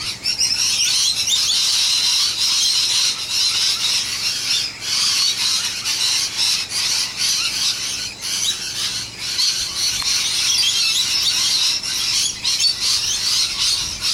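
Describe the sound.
Parrots in a noisy flock, many shrill screeches and chatters overlapping into a constant high din that swells and dips every few seconds.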